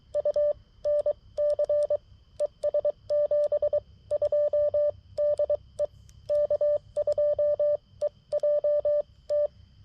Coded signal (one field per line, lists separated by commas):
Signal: Morse code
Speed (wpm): 22 wpm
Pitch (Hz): 590 Hz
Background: radio noise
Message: U NC ES 72 DE K2EJT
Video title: People Suck! CW POTA at US-5221